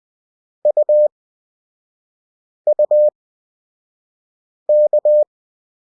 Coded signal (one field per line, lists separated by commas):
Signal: Morse code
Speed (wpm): 20 wpm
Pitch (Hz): 600 Hz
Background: none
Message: UUK